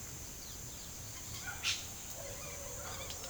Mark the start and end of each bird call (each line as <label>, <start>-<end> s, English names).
Red-bellied Macaw, 1.05-3.13 s
Yellow-rumped Cacique, 1.55-1.82 s